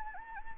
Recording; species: mosquito wingbeat signal from an infrared sensor; Anopheles gambiae